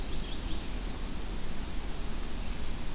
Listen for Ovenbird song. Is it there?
no